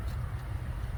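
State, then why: Not seated. A plastic wiring harness connector is being handled and pushed toward the alternator, with a steady low engine-like rumble and no distinct click. Nothing has seated or clicked yet.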